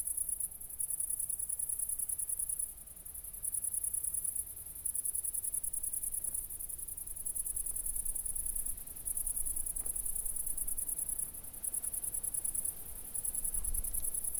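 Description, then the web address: Cricket producing long runs of rapid, high-pitched pulsed chirps with short breaks between runs; faint low rumble and occasional soft clicks. Recorded at night, around 00:53, on 4 August 2014 at Nordring, Kirchmöser, Brandenburg, Germany. "aporee City Country Me Brandenburg Kirchmoeser Nordring Grillen 201408040053 OLBIN"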